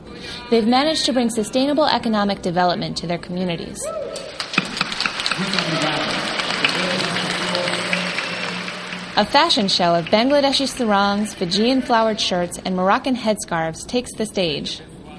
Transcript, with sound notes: They’ve managed to bring sustainable economic development to their communities.
[APPLAUSE]
A fashion show of Bangladeshi sarongs, Fijian flowered shirts and Moroccan headscarves takes the stage.